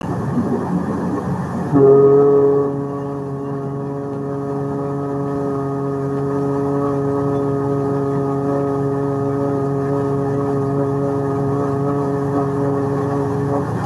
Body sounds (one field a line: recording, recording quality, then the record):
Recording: sustained vowel as in boot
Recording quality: excellent, no background noise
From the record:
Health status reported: exposed to COVID-19, no respiratory illness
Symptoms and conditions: cough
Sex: male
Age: 29 years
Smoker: not ticked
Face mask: not worn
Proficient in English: yes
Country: India